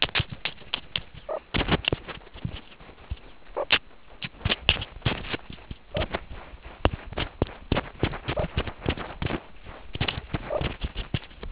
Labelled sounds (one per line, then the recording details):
meerkat close call
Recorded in the Kuruman River Reserve, South Africa
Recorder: an audio tag on a meerkat's collar